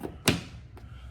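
A plastic screwless cover is pressed onto the chime mount of a Unifi G4 Doorbell Pro PoE Kit, giving a sharp snap at 0.3 s and a fainter tick at 0.8 s. The cover snaps on and is seated.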